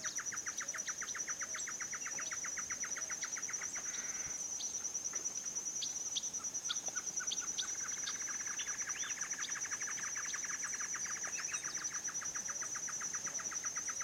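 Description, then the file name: Great Antshrike song: a rapid series of short notes at the start, a pause with scattered chirps, then a long steady series from about eight seconds, under a continuous insect whine. Male and female pair calling; Esperanza; 27 February 2017. "Chororó-Macho-y-Hembra Esperanza 27-02-2017"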